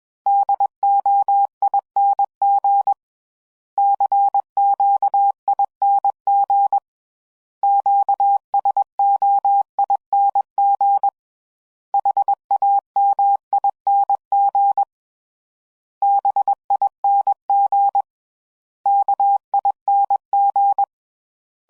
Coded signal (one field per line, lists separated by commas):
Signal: Morse code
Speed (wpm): 21 wpm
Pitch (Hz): 800 Hz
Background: none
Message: DOING CQING QSOING HAMING BING KING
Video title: CW Methodologies and Sound Bites WA7RSO